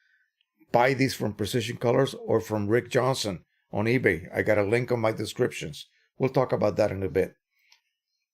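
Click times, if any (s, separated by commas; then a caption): none. During a printer ink cartridge cleaning routine, a plastic cap or clip is being handled near the cartridge while someone talks almost throughout. Two faint, brief ticks occur at about 0.4 s and 7.7 s, but nothing has seated or clicked yet; the part is not yet snapped home.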